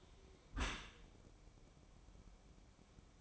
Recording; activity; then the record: daily activity, microphone in the room; close dishwasher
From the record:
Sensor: 1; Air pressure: 1012.4 hPa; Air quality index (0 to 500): 167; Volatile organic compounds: 3 ppm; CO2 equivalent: 1367 ppm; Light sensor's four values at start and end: 510/1115/512/560 and 509/1113/510/559